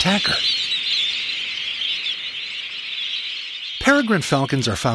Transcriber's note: sounds of shorebirds in flight